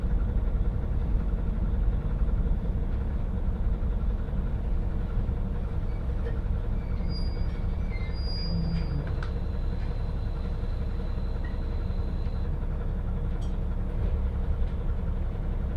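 A train ride on the Hakodate Main Line, heard as a steady, dense low rumble of the running train that holds even throughout. From about six seconds on, thin high squeals and whines come and go over the drone, with a brief clack near thirteen seconds.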